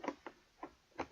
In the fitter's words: and there's two holes. It clicks right in there.